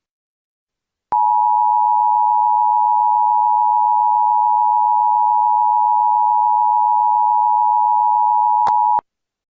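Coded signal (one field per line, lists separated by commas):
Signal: Emergency Alert System (SAME) tones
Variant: 853 and 960 Hz attention tone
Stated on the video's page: Fictional EAS scenario with valid tones, a work of fiction.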